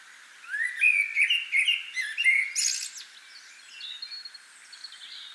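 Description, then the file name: Common blackbird singing: a run of mellow warbled notes that rise and fall, ending in a sharp, high squeaky twitter, then softer thin notes trailing off. "Turdus merula"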